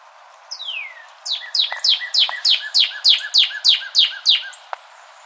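Northern cardinal song: one long descending slurred whistle, then a rapid, steady series of many repeated down-slurred notes over a quiet background.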